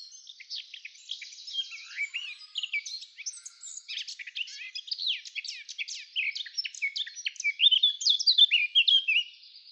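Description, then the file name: Eurasian blackcap giving a steady, rambling warble of fast chattering, squeaky and slurred notes. "Sylvia atricapilla"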